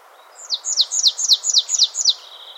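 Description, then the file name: Marsh tit giving a single rapid run of about seven high, thin notes, each dropping steeply in pitch, over quiet background hiss. "Poecile palustris"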